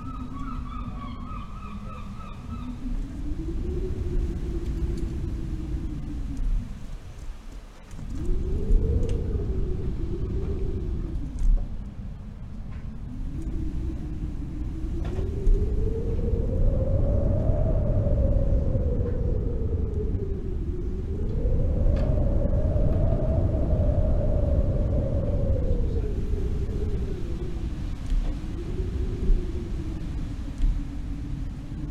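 Strong wind roars low and dense, its pitch swelling and sinking in slow gusts that peak around 17 and 23 seconds. Near the eighth second it drops almost to silence before surging back. A faint thin whistle sounds over the first few seconds.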